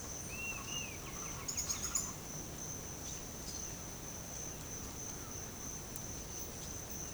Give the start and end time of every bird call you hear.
[0.28, 2.15] bird call

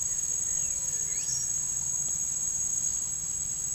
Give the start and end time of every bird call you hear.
[0.94, 1.51] bird call

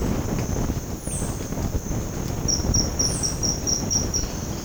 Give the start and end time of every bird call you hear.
[0.00, 4.64] bird call

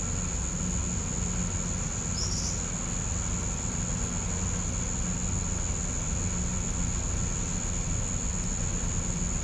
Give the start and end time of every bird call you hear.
[2.12, 2.58] bird call

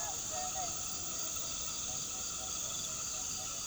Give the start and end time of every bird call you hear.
[0.00, 0.71] bird call

